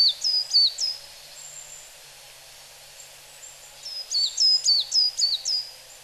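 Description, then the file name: Coal tit calls, high thin notes in two quick bursts, a short group of three or four then a longer run of several rapid falling notes. Recorded in Okayama, Japan, on 27 October 2011. "higara okayama kaji"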